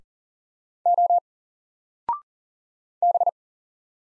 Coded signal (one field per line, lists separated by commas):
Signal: Morse code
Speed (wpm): 40 wpm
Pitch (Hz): 700 Hz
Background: none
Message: O B